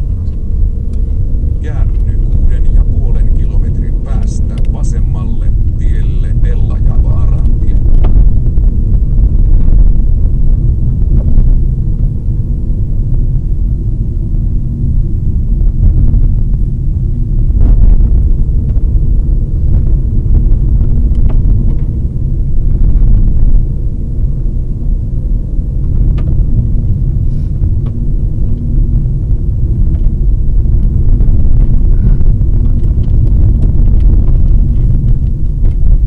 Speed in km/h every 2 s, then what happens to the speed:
29, 34, 45, 47, 45, 46, 57, 56, 49, 49, 53, 56, 57, 59, 57, 53, 53, 52.
0-4 speeds up to 45. 4-10 steady at about 45. 10-12 speeds up to 57. 12-16 slows to 49. 16-26 speeds up to 59. 26-36 slows to 52.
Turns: none.